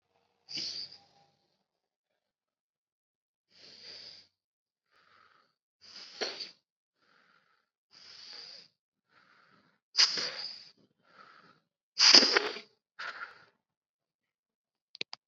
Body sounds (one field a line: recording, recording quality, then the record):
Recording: deep breathing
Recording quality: poor, much background noise or distortion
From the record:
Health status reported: COVID-19 positive, mild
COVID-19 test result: positive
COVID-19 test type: rapid antigen test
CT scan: not taken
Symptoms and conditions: cough, sore throat, fever, fatigue, muscle pain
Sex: male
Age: 30 years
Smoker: yes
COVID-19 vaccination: both doses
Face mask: worn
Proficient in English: yes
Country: India